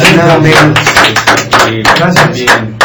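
A short burst of applause on the radio program On The Rock welcoming the drummer and singer of a band as guest. Dense and steady hand claps last about three seconds, with a voice or two murmuring underneath.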